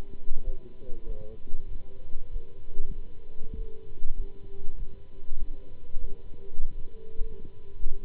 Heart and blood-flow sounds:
heart sounds by stethoscope; between the tricuspid and mitral areas; 98 bpm
0.44 s: heartbeat
1.06 s: heartbeat
1.68 s: heartbeat
2.30 s: heartbeat
2.86 s: heartbeat
3.55 s: heartbeat
4.16 s: heartbeat
4.77 s: heartbeat
5.38 s: heartbeat
5.98 s: heartbeat
6.57 s: heartbeat
7.17 s: heartbeat
7.78 s: heartbeat
From the record:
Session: Bruce protocol treadmill stress test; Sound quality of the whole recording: good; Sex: male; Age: 26 years

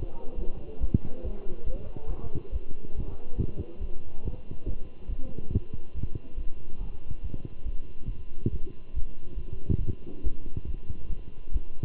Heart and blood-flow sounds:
heart sounds by stethoscope; between the tricuspid and mitral areas; 140 bpm
0.37 s: heartbeat
0.80 s: heartbeat
1.23 s: heartbeat
1.66 s: heartbeat
2.09 s: heartbeat
2.52 s: heartbeat
2.95 s: heartbeat
3.37 s: heartbeat
3.80 s: heartbeat
4.24 s: heartbeat
4.66 s: heartbeat
5.09 s: heartbeat
5.52 s: heartbeat
5.95 s: heartbeat
6.37 s: heartbeat
6.80 s: heartbeat
7.23 s: heartbeat
7.65 s: heartbeat
8.08 s: heartbeat
8.51 s: heartbeat
8.94 s: heartbeat
9.37 s: heartbeat
9.80 s: heartbeat
10.23 s: heartbeat
10.66 s: heartbeat
11.09 s: heartbeat
11.52 s: heartbeat
From the record:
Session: Bruce protocol treadmill stress test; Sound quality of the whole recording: good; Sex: male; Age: 23 years

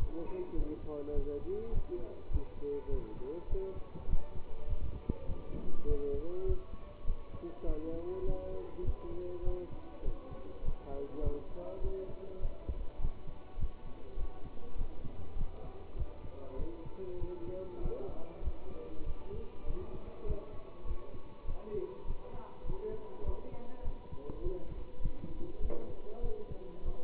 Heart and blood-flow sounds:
heart sounds by stethoscope; between the tricuspid and mitral areas; 100 bpm
0.55 s: heartbeat
1.13 s: heartbeat
1.72 s: heartbeat
2.30 s: heartbeat
2.89 s: heartbeat
3.48 s: heartbeat
4.07 s: heartbeat
4.66 s: heartbeat
5.26 s: heartbeat
5.86 s: heartbeat
6.45 s: heartbeat
7.05 s: heartbeat
7.64 s: heartbeat
8.24 s: heartbeat
8.83 s: heartbeat
9.43 s: heartbeat
10.03 s: heartbeat
10.63 s: heartbeat
11.21 s: heartbeat
11.81 s: heartbeat
12.40 s: heartbeat
12.99 s: heartbeat
13.57 s: heartbeat
14.16 s: heartbeat
14.76 s: heartbeat
15.35 s: heartbeat
15.95 s: heartbeat
16.56 s: heartbeat
17.18 s: heartbeat
17.80 s: heartbeat
18.41 s: heartbeat
19.04 s: heartbeat
19.65 s: heartbeat
20.25 s: heartbeat
20.85 s: heartbeat
21.45 s: heartbeat
22.05 s: heartbeat
22.64 s: heartbeat
23.23 s: heartbeat
23.82 s: heartbeat
24.41 s: heartbeat
25.00 s: heartbeat
25.59 s: heartbeat
26.21 s: heartbeat
26.83 s: heartbeat
From the record:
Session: pedaling a stationary bicycle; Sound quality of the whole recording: good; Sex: male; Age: 27 years

